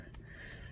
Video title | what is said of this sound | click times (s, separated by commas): LOKITHOR AW401 Jump Starter Air Compressor Pressure Washer Review | usually hear a snapping noise but didn't here at this time um that's fine to be honest | none